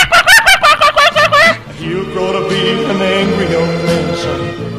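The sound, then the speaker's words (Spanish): A quick run of about eight bright, pitched chicken clucks fills the first second and a half, then gives way to sustained background music. “Seguro que nadie cuenta esto que acabamos de hacer en las biografías oficiales, ¿eh, gallina?”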